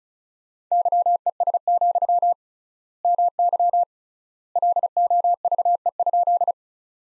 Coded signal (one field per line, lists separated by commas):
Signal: Morse code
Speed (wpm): 34 wpm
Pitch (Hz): 700 Hz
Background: none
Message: YES, MY LOVE?